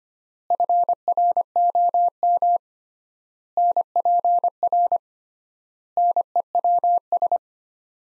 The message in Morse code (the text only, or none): FROM NPR NEWS